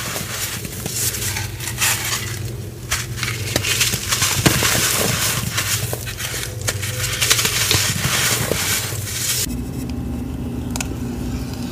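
Chalk blended with baby oil is crushed and worked in a dense, crackly, crumbling texture with frequent sharp ticks and clicks. A steady low hum runs underneath, shifting pitch slightly near the ten-second mark, where the crunching thins out and becomes quieter.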